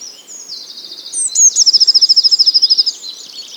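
Bird song building into a fast, regular trill of many high notes.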